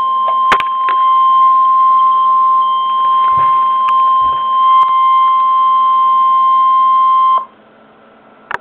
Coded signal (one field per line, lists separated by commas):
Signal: Emergency Alert System (SAME) tones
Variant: 1050 Hz attention tone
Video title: NOAA Weather Radio: Tornado Warning (EAS #8)